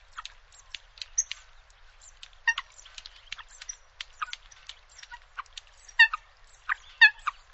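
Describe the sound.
Bird calls in a busy jumble: clipped notes and short chattering bursts overlapping throughout, with a few louder, sharper calls near the end.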